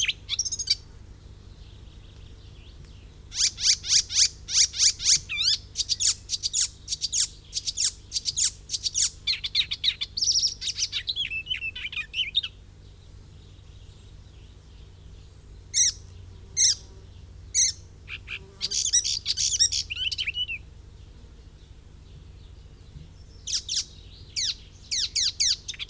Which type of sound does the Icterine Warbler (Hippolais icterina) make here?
song